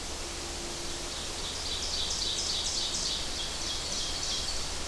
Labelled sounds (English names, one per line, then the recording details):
Ovenbird song
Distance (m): 25 m
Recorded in boreal forest in Alberta, Canada, on 8 June 2016 at 06:06
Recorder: SongMeter 3, array SBT-3-9
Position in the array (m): 51 m, 108 m
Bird 33